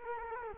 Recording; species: mosquito wingbeat signal from an infrared sensor; Culex quinquefasciatus